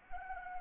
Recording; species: mosquito wingbeat signal from an infrared sensor; Anopheles arabiensis